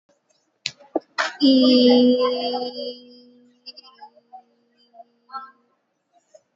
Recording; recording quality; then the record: sustained vowel as in beet; moderate, slight background noise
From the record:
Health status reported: COVID-19 positive, no symptoms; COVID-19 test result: positive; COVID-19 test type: rapid antigen test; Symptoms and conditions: another condition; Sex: female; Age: 26 years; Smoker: no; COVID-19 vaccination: both doses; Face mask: not worn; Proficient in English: yes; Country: India